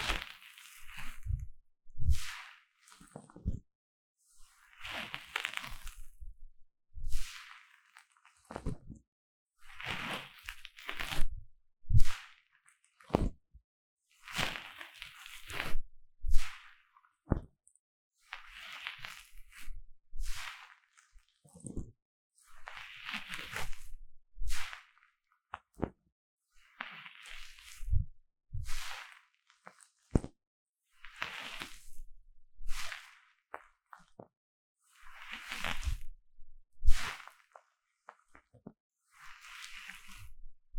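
Deep ear cleaning with scratchy, rustling strokes that come in short bursts every second or two, bright and hissy. Sharp clicks and low thumps are scattered between the strokes, with near silence in the gaps and a steady, repetitive pace throughout.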